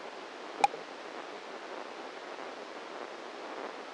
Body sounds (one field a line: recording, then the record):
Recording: brain microelectrode recording played as sound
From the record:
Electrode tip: inside the subthalamic nucleus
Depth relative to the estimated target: -1 mm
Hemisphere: right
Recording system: NeuroSet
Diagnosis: Parkinson's disease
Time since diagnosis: 7 years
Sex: male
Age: 44 years